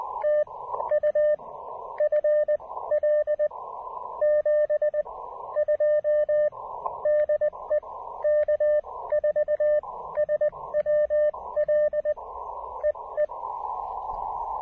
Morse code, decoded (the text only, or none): TU FL 72 DE K4SWL EE